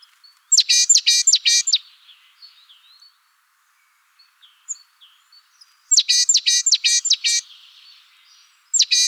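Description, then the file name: Great tit calls: a quick burst of several sharp, harmonic-rich chattering notes, then a quiet gap, then another burst and the start of a third. "Parus major"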